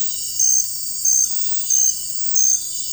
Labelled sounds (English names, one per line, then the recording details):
none
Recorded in dense forest near Puerto Asís, Putumayo, Colombia, on 21 February 2024 at 04:00
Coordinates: 0.484, -76.317
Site G6464